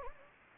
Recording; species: mosquito wingbeat signal from an infrared sensor; Anopheles gambiae